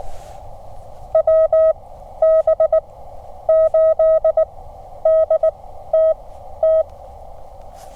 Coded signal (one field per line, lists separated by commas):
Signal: Morse code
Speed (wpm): 19 wpm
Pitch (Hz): 1280 Hz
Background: none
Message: WB8DTT